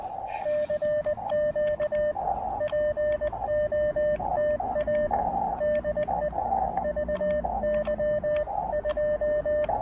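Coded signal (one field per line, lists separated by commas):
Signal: Morse code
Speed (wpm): 20 wpm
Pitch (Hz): 590 Hz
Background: radio noise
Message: CQ POTA DE VY2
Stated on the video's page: First Canadian Parks on the Air activation, on 30, 20 and 17 meters.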